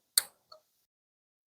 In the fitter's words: to open to close it just twist until you hear it click